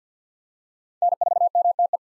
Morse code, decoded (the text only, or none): N4MTE